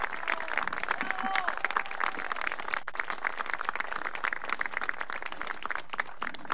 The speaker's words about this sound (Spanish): Por favor, un aplauso. Póngase de pie para verlo.